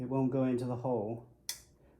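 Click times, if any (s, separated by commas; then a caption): 1.5 s. Someone talks as the small safety clip on a bicycle crank arm is pressed down. At 1.5 s a single sharp click rings out as the clip's pin drops into its hole on the crank arm. The clip is seated.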